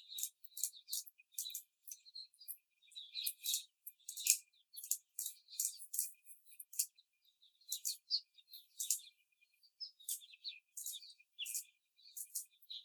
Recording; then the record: young laying hens in a cage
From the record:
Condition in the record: before the stressor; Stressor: simulated dog barking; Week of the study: 4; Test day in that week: 2